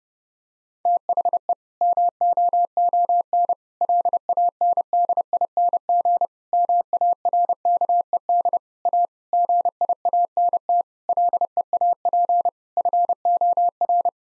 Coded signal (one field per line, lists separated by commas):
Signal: Morse code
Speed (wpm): 32 wpm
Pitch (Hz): 700 Hz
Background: none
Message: THE MOON LANDING MARKED A GIANT LEAP FOR